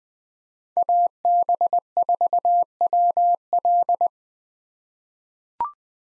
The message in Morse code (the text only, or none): AB4WL